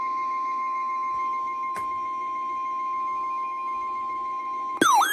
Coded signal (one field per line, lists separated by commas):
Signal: Emergency Alert System (SAME) tones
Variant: 1050 Hz attention tone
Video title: February Flooding - EAS Alerts from 2/15/25 || EAS 1,596-1,613